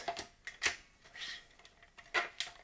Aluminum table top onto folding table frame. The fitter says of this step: there's a little lever that you pull, and it'll snap into place.